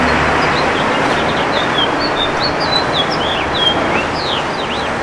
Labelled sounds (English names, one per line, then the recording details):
House Finch song
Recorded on Long Island, New York, on 21 June 2011
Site IT
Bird B